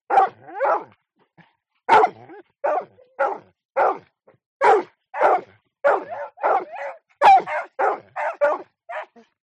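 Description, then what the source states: Dogs barking, a steady run of loud, sharp barks, several in quick pairs and some overlapping, continuing throughout. Two dogs.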